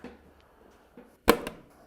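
A plastic side panel is pulled straight off a motorcycle, and its push-in clips pop out of the frame with a loud, sharp pop at 1.3 s, followed by a weaker snap at 1.5 s. One side of the panel comes free with the clips released intact and unbroken.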